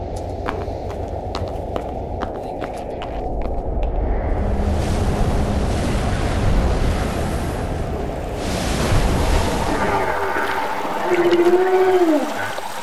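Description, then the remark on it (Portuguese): Steady rushing ocean waves fill the scene, and near the end a humpback whale, a mother with her calf, gives a low, moaning call that bends upward and back down over the surf, with a few faint clicks early on. “Um marujo me alertou ter avistado um belíssimo exemplar de baleia jubarte e pensei que nossa pequena viajante gostaria de vê-la.”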